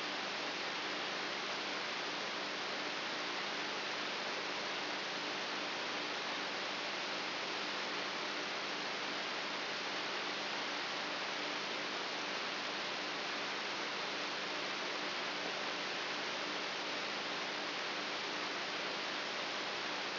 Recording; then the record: brain microelectrode recording played as sound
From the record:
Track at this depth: inside the subthalamic nucleus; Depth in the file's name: 1.64 mm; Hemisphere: right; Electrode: 3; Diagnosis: Parkinson's disease